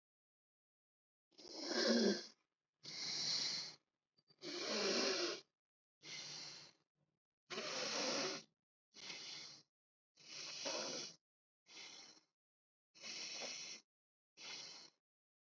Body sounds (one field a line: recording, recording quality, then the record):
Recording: deep breathing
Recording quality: excellent, no background noise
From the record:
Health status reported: COVID-19 positive, mild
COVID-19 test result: positive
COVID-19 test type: RT-PCR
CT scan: not taken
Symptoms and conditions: cough, cold, muscle pain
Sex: male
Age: 25 years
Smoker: no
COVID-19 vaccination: both doses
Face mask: worn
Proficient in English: yes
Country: India